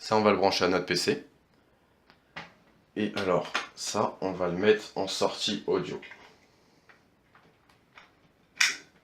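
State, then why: Seated. Someone talks while an audio cable connector for a Tonor XLR microphone with an XLR-to-3.5 mm converter is pushed into its microphone or audio socket. After a few soft handling taps, a loud, sharp click at 8.6 s marks the connector latching and seating fully.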